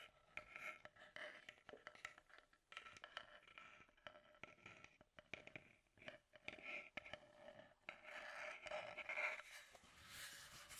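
Scratchy tapping runs throughout, a dense stream of dry clicks, scrapes and small knocks at an uneven, busy pace. The sound is mostly bright and rasping, with louder bursts around the second, seventh and ninth seconds and a few sharp pings near the end.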